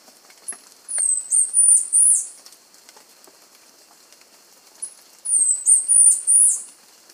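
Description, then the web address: Chestnut-capped Brush Finch calling: two bursts of piercing, thin, wavering high notes about four seconds apart, quiet between them. Recorded in Ecuador, South America. "Natures Songs S America Birds of Ecuador Chestnut-capped Brush-Finch"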